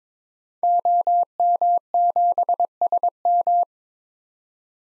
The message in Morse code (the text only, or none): OM7SM